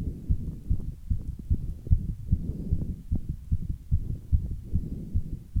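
A functional (innocent) heart murmur heard through a stethoscope over the heart of an adult female: regular, low-pitched heartbeats with a soft murmur accompanying them.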